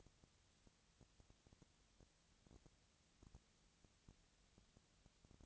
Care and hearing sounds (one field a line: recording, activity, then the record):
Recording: daily activity, microphone in the room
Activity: no activity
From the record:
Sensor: 3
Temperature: 20.6 degrees Celsius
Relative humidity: 35.7%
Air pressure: 998.8 hPa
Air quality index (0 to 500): 235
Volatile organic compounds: 71 ppm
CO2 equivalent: 3524 ppm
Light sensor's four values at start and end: 2/3/2/2 and 2/3/2/2